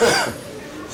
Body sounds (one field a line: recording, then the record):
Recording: coughing mixed with background sound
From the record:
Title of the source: Spring Cold Coughing 2